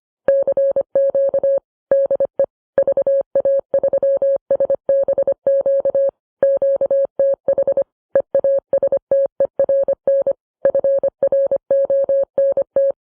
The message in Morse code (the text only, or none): CQ DE VA3SBQ QTH EASTERN FRONT